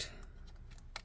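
With its top already pried free, the plastic keycap of a 2016–2018 MacBook Pro or Air (13" or 15", A1534, A1706, A1707) is wiggled until its bottom clips release from the butterfly key mechanism. Sharp clicks sound at 0.0 s and 0.96 s, with faint ticks between them. The keycap's bottom clips pop off and the keycap comes free.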